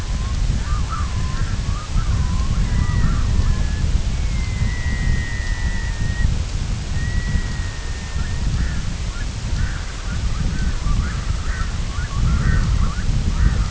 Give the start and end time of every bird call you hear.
[0.00, 3.80] Red-throated Loon (Gavia stellata)
[4.06, 6.30] Red-throated Loon (Gavia stellata)
[6.87, 13.70] Red-throated Loon (Gavia stellata)

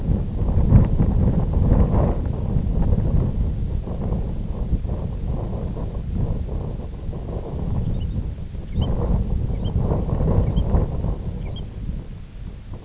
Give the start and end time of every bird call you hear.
[7.77, 12.85] American Golden-plover (Pluvialis dominica)

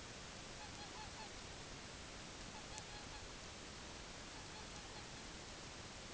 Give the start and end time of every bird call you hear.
[0.44, 1.38] Herring Gull (Larus argentatus)
[2.44, 3.39] Herring Gull (Larus argentatus)
[4.04, 5.31] Herring Gull (Larus argentatus)

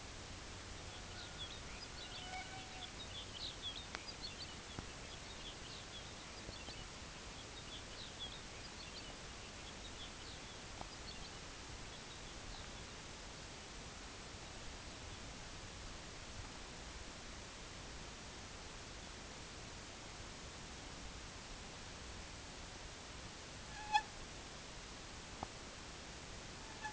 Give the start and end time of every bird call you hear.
[0.56, 13.07] Lapland Longspur (Calcarius lapponicus)

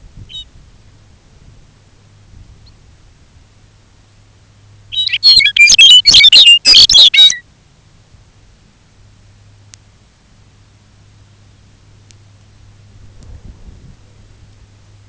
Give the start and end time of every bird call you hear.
[0.10, 0.51] Lapland Longspur (Calcarius lapponicus)
[2.45, 2.80] Lapland Longspur (Calcarius lapponicus)
[4.78, 7.44] Lapland Longspur (Calcarius lapponicus)

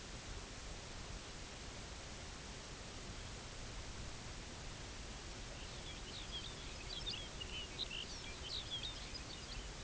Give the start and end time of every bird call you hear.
[5.31, 9.79] Lapland Longspur (Calcarius lapponicus)

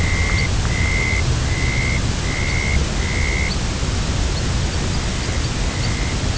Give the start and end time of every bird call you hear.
[0.00, 3.65] Dunlin (Calidris alpina)
[0.31, 0.47] Red Phalarope (Phalaropus fulicarius)
[2.38, 2.58] Red Phalarope (Phalaropus fulicarius)
[3.45, 3.54] Red Phalarope (Phalaropus fulicarius)
[4.30, 4.83] Red Phalarope (Phalaropus fulicarius)
[4.93, 6.18] Dunlin (Calidris alpina)
[5.12, 5.51] Red Phalarope (Phalaropus fulicarius)
[5.78, 5.90] Red Phalarope (Phalaropus fulicarius)

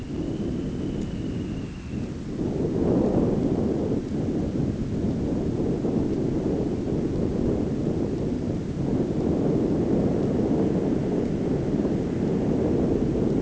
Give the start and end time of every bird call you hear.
[0.00, 2.25] Dunlin (Calidris alpina)

